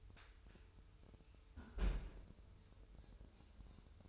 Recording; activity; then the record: daily activity, microphone in the room; close fridge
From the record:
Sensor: 2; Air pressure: 988.3 hPa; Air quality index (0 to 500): 194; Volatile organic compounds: 208 ppm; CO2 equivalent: 4240 ppm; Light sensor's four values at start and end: 22/73/28/27 and 22/73/28/27